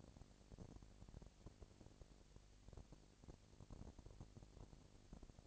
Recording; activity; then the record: daily activity, microphone in the room; no activity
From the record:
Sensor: 5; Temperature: 20.1 degrees Celsius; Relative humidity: 38.3%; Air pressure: 998.9 hPa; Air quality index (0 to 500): 218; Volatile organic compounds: 24 ppm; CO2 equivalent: 2807 ppm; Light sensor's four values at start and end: 2/3/1/1 and 2/3/1/1